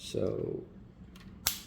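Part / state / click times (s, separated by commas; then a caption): plastic propeller guard onto a small drone's arm / seated / 1.5 s. A plastic propeller guard is pushed onto the arm of a DJI Mini 4 Pro drone held close to the mic, as someone briefly talks at the start. A faint tick comes at 1.2 s, then a sharp click at 1.5 s as the guard snaps into place. The guard is seated and fixed properly.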